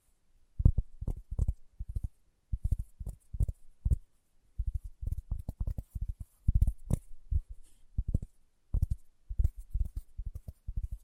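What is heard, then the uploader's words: Fingertips tap in quick, uneven bursts of soft, low thuds, pausing briefly near four seconds and again around eight, with faint ticks on top. ASMR Tapping with Fingertips (No Talking).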